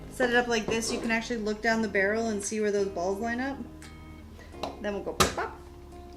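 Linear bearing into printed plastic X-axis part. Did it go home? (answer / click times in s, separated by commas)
no / none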